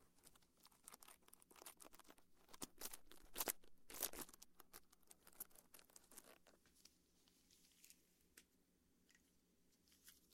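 Soft brushing and rubbing against an ear, made of quick scratchy strokes that come in dense clusters through the first six seconds, with the loudest bright swipes near three and a half and four seconds. After that the strokes thin out into sparse, quieter touches over a low steady hum.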